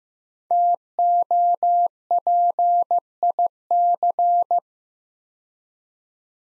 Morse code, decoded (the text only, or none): TOPIC